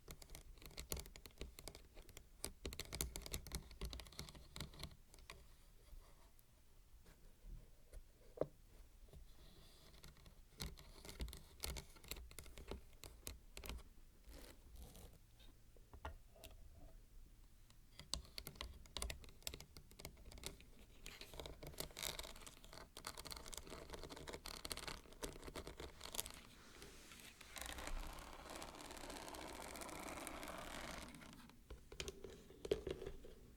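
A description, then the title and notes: Unboxing a microphone: a steady run of small crisp clicks, taps and rustles fills the whole stretch, dense and irregular like light handling of packaging. A low rumble sits underneath throughout, and after about 26 seconds a louder, fuller rustling swells up before fading. Crisp and Bassy Microphone Unboxing. No Talking.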